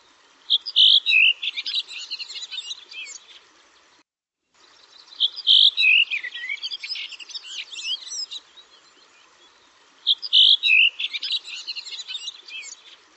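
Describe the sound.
Bird singing three repeated phrases roughly every five seconds. Each starts with bright whistled notes and dissolves into a fast, tangled high twittering warble, with quiet pauses between.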